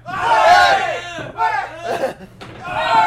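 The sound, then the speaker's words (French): A group of people yells "Ouais!" together in reply to a host holding a microphone to them, in loud, strained bursts, about four rising cheers separated by brief pauses, with voices overlapping in a raucous chorus. “Ok, à chaque fois que je mets mon micro dans ta face, tu gueules pour rien, vite!”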